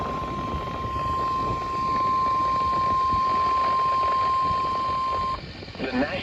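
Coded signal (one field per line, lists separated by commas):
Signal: Emergency Alert System (SAME) tones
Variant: 1050 Hz attention tone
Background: speech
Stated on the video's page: Severe thunderstorm warning on NOAA weather radio transmitter WWG90, Janesville, Wisconsin, 162.425 MHz, with an EASyCAST relay.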